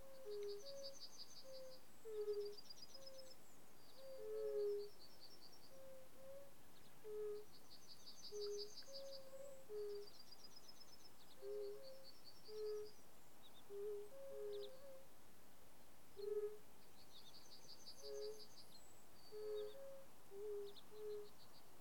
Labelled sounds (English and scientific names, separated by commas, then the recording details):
Fire-Bellied Toad (Bombina bombina) call
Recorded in the wild
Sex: male
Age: adult
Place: Bernau bei Berlin, Barnim, Brandenburg, DE
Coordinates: 52.6638, 13.618
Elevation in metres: 82
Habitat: pond
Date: 2019-04-30 19:55
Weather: 15°C, clear, almost windless, water 17°C
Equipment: Zoom H4nSP
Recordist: Frommolt, Karl-Heinz